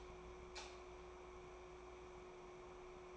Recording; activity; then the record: daily activity, microphone in the room; light off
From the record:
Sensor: 1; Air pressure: 1010.3 hPa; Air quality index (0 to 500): 172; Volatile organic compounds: 12 ppm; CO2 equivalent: 2365 ppm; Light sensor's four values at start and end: 55/148/60/75 and 52/134/55/69